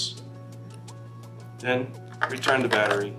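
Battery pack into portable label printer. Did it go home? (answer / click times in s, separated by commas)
no / none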